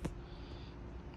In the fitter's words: and it automatically locks into place